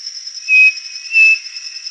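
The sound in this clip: Bird giving two level whistled notes roughly two-thirds of a second apart, with a steady high hum throughout.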